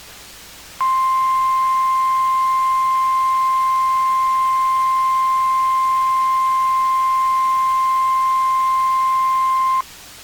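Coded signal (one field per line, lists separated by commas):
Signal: Emergency Alert System (SAME) tones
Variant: 1050 Hz attention tone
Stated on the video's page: Real capture of a weekly EAS test from weather radio station WNG671.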